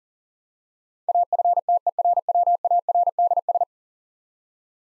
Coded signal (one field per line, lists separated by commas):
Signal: Morse code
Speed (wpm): 40 wpm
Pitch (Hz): 700 Hz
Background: none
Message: AFTERWARDS